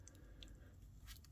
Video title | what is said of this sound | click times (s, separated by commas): DROIDEKA DESTORYER DROID - STAR WARS THE BLACK SERIES REVIEW - THE PHANTOM MENACE | and that sort of just yeah slides back in locks into place not all the way but | 0.4 s